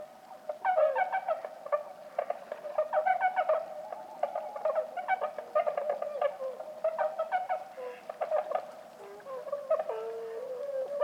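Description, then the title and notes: Bewick's swans calling in a dense chorus of soft honks, busy bursts alternating with quieter drawn-out notes over steady background hiss. About forty birds calling softly at a night roost, Lac du Der, Champagne, France, 6 January 2019, after 2 a.m., in fog and light drizzle; sentinels take turns; MKH20 pair and Nagra Seven. "Lac du DER. Cygnes de Bewick (Cygnus bewicki)"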